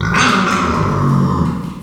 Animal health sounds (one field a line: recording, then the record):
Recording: squeal of a Yucatan mini pig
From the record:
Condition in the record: after surgery on the right vocal fold (resection and tissue-engineered implant)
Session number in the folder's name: 15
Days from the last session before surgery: 175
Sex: female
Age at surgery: 19 weeks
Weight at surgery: 25 kg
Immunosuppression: prednisolone